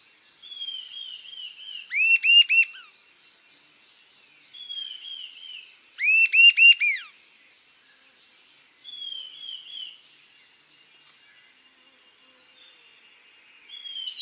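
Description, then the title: Sibilant sirystes calls, two bursts of four or five loud arched whistles about four seconds apart, with softer descending whistles between and a thin high trill behind. Subspecies Sirystes sibilator sibilator, assumed from location. "LuckyPassaro Completos2Sama. Sibilant Sirystes (Sirystes sibilator sibilator (ssp assumed from location))"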